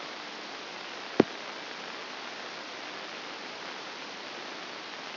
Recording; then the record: brain microelectrode recording played as sound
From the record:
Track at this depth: inside the subthalamic nucleus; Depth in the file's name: 4.663 mm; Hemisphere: left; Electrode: 2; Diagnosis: Parkinson's disease